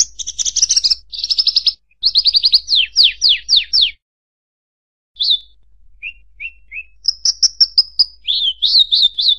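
Bird song of bright high chirps and fast rattled trills, then a pause, then sliding whistled notes and a buzzy trilled run.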